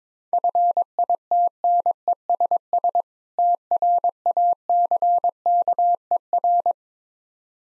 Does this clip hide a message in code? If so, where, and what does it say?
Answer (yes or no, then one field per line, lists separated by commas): yes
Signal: Morse code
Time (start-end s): 0.3-6.7 s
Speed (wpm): 23 wpm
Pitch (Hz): 700 Hz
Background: none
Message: FITNESS TRACKER